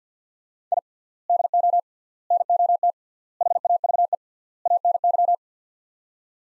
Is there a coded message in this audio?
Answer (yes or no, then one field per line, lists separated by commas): yes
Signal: Morse code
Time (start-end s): 0.7-5.3 s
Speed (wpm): 50 wpm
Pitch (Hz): 700 Hz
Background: none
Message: I DO NOT HAVE ANY